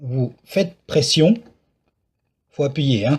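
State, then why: Not seated. Someone talks while the battery cover of a Wismec Reuleaux RX2/3 150W/200W three-battery vape box mod is hooked into the body and pressed on, with a quiet pause between the bursts of speech. Nothing has clipped or seated yet; the cover is still being handled when the clip ends.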